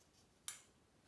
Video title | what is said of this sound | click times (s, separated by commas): Trumpet Care for Performing Band | slightly any clockwise at the spot let's see if we can hear the click that's | 0.5 s